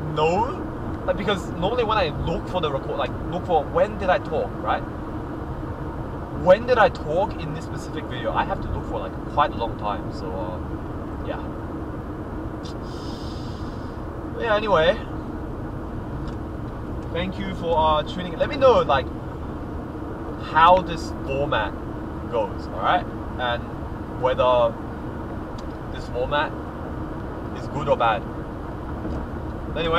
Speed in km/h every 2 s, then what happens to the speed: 94, 93, 94, 92, 88, 86, 85, 84, 87, 90, 91, 93, 95, 96, 99.
0-15 slows to 84. 15-30 speeds up to 99.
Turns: none.